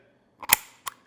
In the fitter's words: And the reason I like this is it is one hand operation. You just stick there, push, you'll hear it click